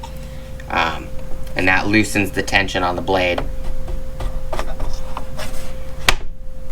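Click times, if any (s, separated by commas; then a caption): 6.1 s. The blade tension lever on a DeWalt 12V Xtreme 1 3/4 cordless portable band saw (DCS375B) is moved back into its locked position while someone talks. Soft handling knocks lead up to a loud, sharp click at 6.1 s, and the lever is locked.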